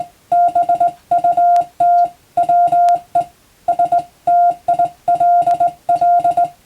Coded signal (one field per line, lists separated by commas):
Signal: Morse code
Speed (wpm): 21 wpm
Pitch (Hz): 700 Hz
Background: music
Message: BUT WE STILL